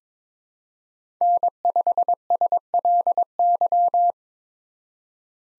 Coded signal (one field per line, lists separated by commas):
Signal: Morse code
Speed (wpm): 21 wpm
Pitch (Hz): 700 Hz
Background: none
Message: N5SLY